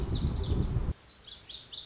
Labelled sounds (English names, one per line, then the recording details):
Lazuli Bunting
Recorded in Sonoma County, California